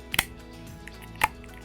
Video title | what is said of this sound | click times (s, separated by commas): Cruizr CP02 Rotating & Vibrating Stroker Review 🔥💗 EasyToys | make sure you hear a click on all four sides and it's ready | 0.1 s, 0.2 s, 0.9 s, 1.2 s